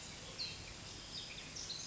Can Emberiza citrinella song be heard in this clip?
no